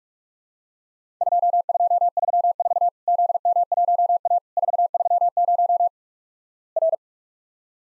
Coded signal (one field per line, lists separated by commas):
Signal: Morse code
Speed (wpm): 46 wpm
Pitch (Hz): 700 Hz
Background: none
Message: 2234 ZM1A 430 R